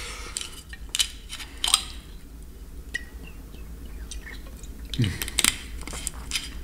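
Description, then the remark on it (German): Someone quietly sips water: a few soft, wet slurps and swallows with small mouth clicks, spaced irregularly over several seconds, with no talking. “So, jetzt muss ich erstmal nochmal einen Schluck Wasser trinken.”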